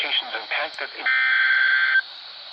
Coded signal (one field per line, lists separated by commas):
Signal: Emergency Alert System (SAME) tones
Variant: header bursts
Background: speech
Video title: Flash Flood Warning [EAS #4]